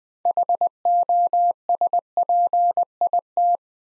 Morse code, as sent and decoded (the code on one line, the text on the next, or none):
.... --- ... .--. .. -
HOSPIT